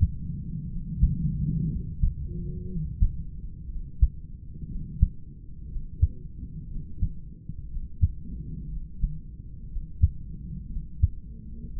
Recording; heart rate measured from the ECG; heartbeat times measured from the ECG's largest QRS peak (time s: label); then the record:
heart sounds by stethoscope; 60 bpm
0.66 s: heartbeat
1.66 s: heartbeat
2.65 s: heartbeat
3.65 s: heartbeat
4.66 s: heartbeat
5.66 s: heartbeat
6.66 s: heartbeat
7.66 s: heartbeat
8.66 s: heartbeat
9.66 s: heartbeat
10.66 s: heartbeat
11.66 s: heartbeat
From the record:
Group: heart failure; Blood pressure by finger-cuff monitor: 103/66 mmHg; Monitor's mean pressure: 81 mmHg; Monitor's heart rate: 60 bpm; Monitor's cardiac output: 3.8 L/min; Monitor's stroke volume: 63 mL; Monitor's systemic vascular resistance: 1560 dyn s/cm5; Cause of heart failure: idiopathic cardiomyopathy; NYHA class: 2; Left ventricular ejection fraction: 17%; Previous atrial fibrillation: present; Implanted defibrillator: present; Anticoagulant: edoxaban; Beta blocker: bisoprolol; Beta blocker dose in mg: 7.5 twice daily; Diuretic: furosemide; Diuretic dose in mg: 20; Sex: male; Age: 63 years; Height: 160 cm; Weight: 69 kg